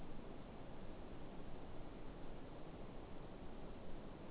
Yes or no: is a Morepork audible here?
no